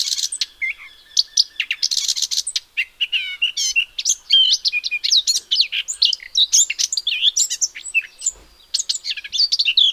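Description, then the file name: Eurasian blackcap song: a dense, continuous warble of rapid high twittering, buzzy and whistled notes, with hardly a pause throughout. "Sylvia atricapilla"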